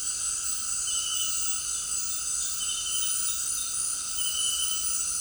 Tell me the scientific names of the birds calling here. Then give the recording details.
none. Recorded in secondary vegetation near Puerto Asís, Putumayo, Colombia, on 20 February 2024 at 18:30. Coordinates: 0.468, -76.324. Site G6381